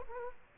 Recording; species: mosquito wingbeat signal from an infrared sensor; Culex quinquefasciatus